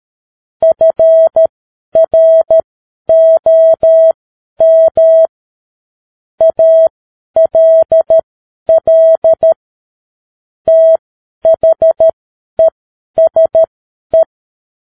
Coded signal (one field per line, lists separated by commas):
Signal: Morse code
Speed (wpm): 13 wpm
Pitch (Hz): 650 Hz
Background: none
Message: FROM ALL THESE